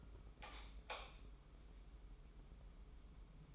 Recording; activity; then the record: daily activity, microphone in the room; light on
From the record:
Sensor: 1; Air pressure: 995.4 hPa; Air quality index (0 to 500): 26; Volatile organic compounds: 1 ppm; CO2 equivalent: 518 ppm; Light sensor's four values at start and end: 11/26/10/11 and 14/42/16/17